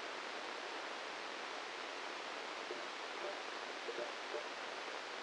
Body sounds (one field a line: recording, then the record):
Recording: brain microelectrode recording played as sound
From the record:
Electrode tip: inside the subthalamic nucleus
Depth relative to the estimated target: 0 mm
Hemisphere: right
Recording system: NeuroSet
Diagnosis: Parkinson's disease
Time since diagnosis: 10 years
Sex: male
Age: 56 years